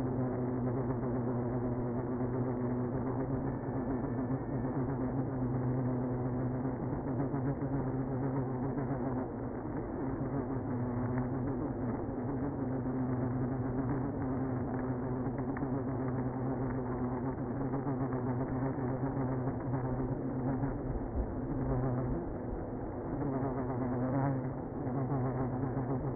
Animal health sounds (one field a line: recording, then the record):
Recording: honeybee colony, microphone inside the hive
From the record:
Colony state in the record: queenless (queen removed)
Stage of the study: after two queens were removed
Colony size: about 60,000 bees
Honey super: yes